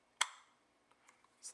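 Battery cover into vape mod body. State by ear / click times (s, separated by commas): seated / 0.2 s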